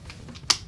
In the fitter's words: snaps into place very nice